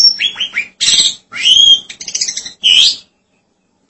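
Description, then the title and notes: Starling phrases: several rising whistled slurs and grating chatters delivered in quick bursts, then a brief silence before another note begins. "suara burung jalak"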